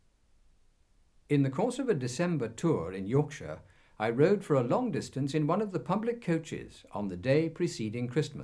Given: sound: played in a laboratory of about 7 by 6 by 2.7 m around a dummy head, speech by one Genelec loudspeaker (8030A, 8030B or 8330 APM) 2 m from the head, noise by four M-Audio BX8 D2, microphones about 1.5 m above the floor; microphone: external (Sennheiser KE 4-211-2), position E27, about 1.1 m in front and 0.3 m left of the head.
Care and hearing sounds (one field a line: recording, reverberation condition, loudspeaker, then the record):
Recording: male speech in English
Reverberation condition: low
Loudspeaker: in front (0 degrees)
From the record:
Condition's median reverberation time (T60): about 310 ms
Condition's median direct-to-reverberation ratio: about 3.5 dB